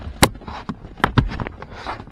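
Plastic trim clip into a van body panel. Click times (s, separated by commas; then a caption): 1.0 s. A plastic trim clip is pushed into its hole in a van's underside cover panel and clicks into place at 1.0 s, seating so it stays put. Other sharp taps sound at about 0.2 s, 1.2 s and 2.1 s over a low background.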